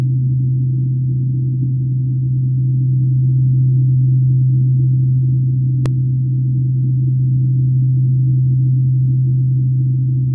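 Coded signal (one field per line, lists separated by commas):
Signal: radar signal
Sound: steady low droning tone around 130 Hz with soft rumbly hiss and one brief click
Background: radio static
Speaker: so that was a really great uh signature you could see how we were able to isolate uh one individual carrier and look at it on the the oscilloscope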